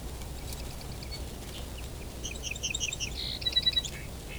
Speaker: Bit of back and forth between two song sparrows here.